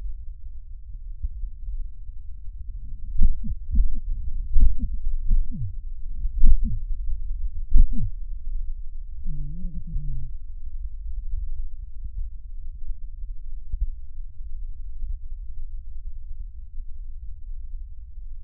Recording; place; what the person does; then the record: lung sounds by stethoscope; right posterior basal chest; quiet breathing, then cough and speech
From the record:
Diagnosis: COPD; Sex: male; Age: 72 years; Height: 172 cm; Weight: 58.6 kg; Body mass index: 19.8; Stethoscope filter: bell mode